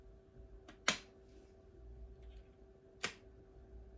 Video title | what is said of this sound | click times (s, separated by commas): Live Zepbound Shot - Prescription Planning | we going to do the first click here we | 0.9 s